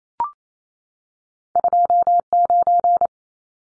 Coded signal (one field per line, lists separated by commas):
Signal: Morse code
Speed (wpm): 28 wpm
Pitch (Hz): 700 Hz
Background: none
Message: 29